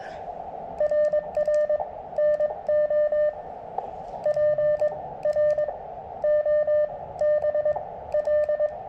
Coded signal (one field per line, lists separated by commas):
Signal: Morse code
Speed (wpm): 21 wpm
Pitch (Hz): 600 Hz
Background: radio noise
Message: RR NO PROBL